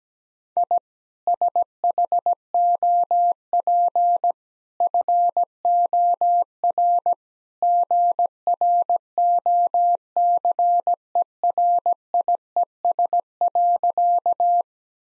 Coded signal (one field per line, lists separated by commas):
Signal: Morse code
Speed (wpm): 17 wpm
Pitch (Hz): 700 Hz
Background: none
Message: I SHOP FOR GROCERIES.